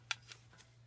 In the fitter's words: now we have a few of the locking pins snapped in place so now we're going to stretch the tire over the rim the